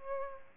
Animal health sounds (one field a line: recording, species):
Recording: mosquito wingbeat signal from an infrared sensor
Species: Aedes albopictus